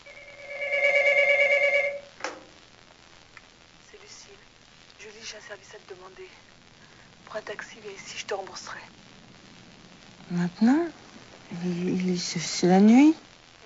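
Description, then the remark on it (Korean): A telephone rings once in a loud, steady electronic burst of bright tones, a call in the middle of the night. Soft whispering and rustling follow, then several quick rising chirps toward the end. “그리고 그날 한밤중에 줄리는 루실의 전화를 받습니다.”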